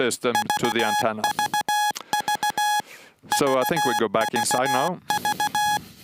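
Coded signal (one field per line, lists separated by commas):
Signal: Morse code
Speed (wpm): 15 wpm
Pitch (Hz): 840 Hz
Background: speech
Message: VVV EAVV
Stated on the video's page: Live transmission of a message from SAQ Grimeton, the 1924 Alexanderson Alternator, at the World Heritage radio station.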